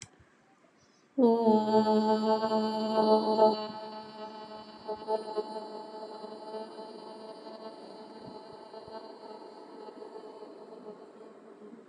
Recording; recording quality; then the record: sustained vowel as in boot; excellent, no background noise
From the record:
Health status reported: healthy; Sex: female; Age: 40 years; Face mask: not worn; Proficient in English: yes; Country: India